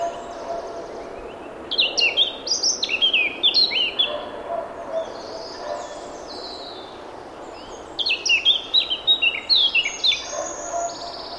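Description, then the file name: Eurasian blackcap song in two bursts of tumbling fluty, whistled notes, separated by a quieter stretch with soft twittering and background hiss. "Sylvia atricapilla"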